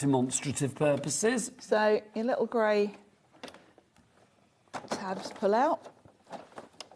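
Someone talks while handling a grey plastic tab clip on a modular stacking craft storage tier, with a few small taps and clatters in the pauses around 3.4–4.0 s and near 6.6–6.9 s. The clip is being worked toward its locked position, but nothing has seated or clicked yet.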